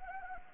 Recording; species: mosquito wingbeat signal from an infrared sensor; Anopheles arabiensis